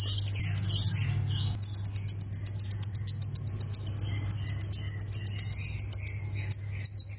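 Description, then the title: Plain prinia song: a short buzzy trill, then a long series of rapid high ticking notes, evenly repeated, over a steady low hum. "Ciblek Sawah"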